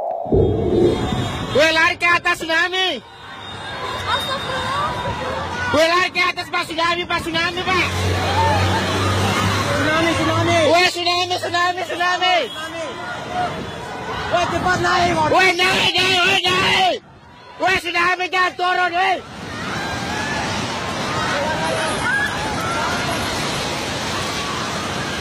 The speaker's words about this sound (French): Un homme perché sur un toit hurle pour alerter les gens qui sont en bas de son immeuble pour qu'ils aillent se mettre à l'abri. Il hurle « tsunami ». Lui voit la vague arriver.